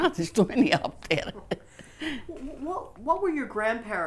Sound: she laughs

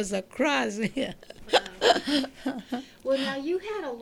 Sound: she laughs

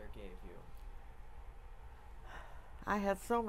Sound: sighs

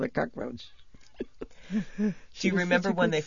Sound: she laughs

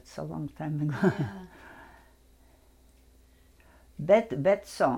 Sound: she laughs

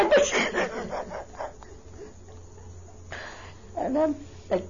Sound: she laughs heartily

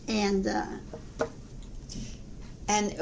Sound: knocks table

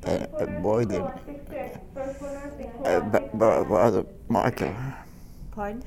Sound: an public address announcement is heard in the background on the tape

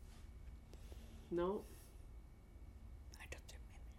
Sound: she whispers

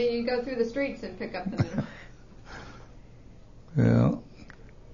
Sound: laughs

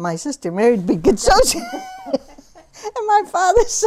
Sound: she laughs

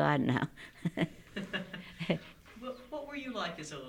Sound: she laughs

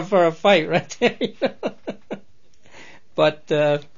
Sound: laughs

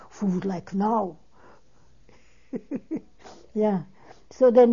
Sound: she laughs

